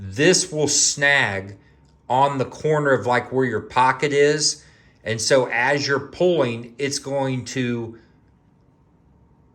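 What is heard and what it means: A man talks about the Cold Steel Espada XL, a large folding knife with a steel blade and a lockback (Tri-Ad) lock, whose blade catches on the pocket edge as it is drawn so it flips open. Only talking is heard across the clip, with pauses near 2 and 5 seconds. The blade has not yet snapped into its lock, and nothing has clicked.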